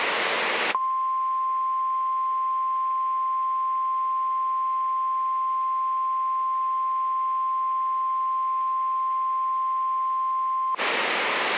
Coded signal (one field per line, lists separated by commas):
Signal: Emergency Alert System (SAME) tones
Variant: 1050 Hz attention tone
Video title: EAS MOCK: KIH42 Tornado Warning from 2016